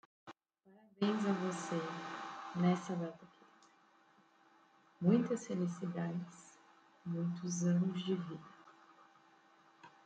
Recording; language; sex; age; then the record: short text; Brazilian Portuguese; female; 20 to 29 years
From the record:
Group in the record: control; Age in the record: 23 years